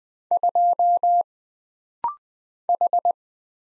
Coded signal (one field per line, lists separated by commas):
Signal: Morse code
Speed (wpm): 20 wpm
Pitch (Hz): 700 Hz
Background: none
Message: 2 H